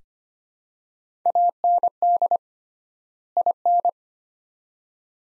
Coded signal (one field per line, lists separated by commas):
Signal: Morse code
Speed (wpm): 25 wpm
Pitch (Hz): 700 Hz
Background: none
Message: AND IN